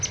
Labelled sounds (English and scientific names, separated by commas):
Palm Warbler (Setophaga palmarum) flight call